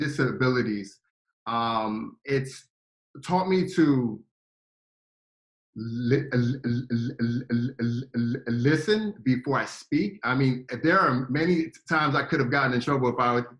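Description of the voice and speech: A man with a speech impediment speaks at moderate pitch. His speech is broken by long silent pauses, one nearly two seconds, and a stretched, repeated start on 'listen' before the word comes out. Drawn-out fillers fill the gaps. These are stuttering blocks and part-word repetitions, then fluent phrases resume.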